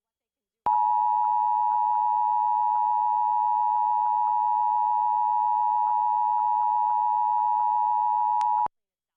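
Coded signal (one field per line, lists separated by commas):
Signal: Emergency Alert System (SAME) tones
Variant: 853 and 960 Hz attention tone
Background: speech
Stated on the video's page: Silver Alert administrative message caught on TV station KAZT 7.3; the on-screen scroll wrongly showed a Required Weekly Test.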